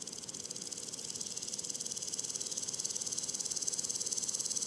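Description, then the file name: Woodland grasshopper stridulation: a steady high pulsing rasp, gradually swelling in loudness. Duetting grasshoppers producing different long and short stridulations, recorded at le Puech, France, 32-bit, with a modified Earsight omni microphone. "criquets noirs ebenes differentes stridulations longue breves criquets duettistes le Puech F"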